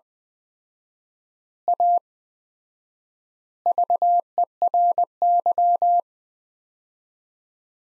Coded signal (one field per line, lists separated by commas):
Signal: Morse code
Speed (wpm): 21 wpm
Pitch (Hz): 700 Hz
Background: none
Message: A VERY